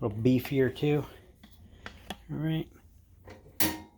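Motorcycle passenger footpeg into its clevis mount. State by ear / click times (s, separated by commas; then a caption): seated / 3.6 s. Someone talks while moving a Kuryakyn passenger footpeg on its clevis mount on a 2021 Harley-Davidson Street Bob 114 FXBBS, with a few faint ticks along the way. At 3.6 s the footpeg latches with a single solid clunk and locks into position, seated.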